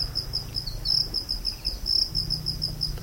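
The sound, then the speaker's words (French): A small insect chirps steadily at night near a tent, a rapid high-pitched trill pulsing in a continuous rhythm over a low rumbling background hum, with no voices. “Bon, peut-être pour manger les meilleurs morceaux, mais voilà, il y a un petit insecte qui se met en place.”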